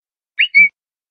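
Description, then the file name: Bird whistle: a short two-note phrase, a rising slurred note followed by a clearer, level whistle, over in under half a second, then silence. "pfeife eines vogels"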